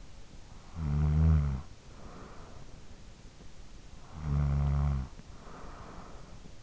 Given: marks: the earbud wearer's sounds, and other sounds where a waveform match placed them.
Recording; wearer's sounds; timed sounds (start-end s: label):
sounds in sleep by an in-ear microphone; snoring breath
0.23-3.18 s: snoring breath
3.54-6.63 s: snoring breath